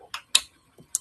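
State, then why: Seated. A half-ounce plastic food cup is pressed with decent force into a 3D-printed feeder ledge, which holds it firmly so geckos won't spill their food while eating. A soft tick at 0.1 s is followed by sharp, bright clicks at 0.4 s and 1.0 s as the cup snaps into the ledge, and it ends seated in place.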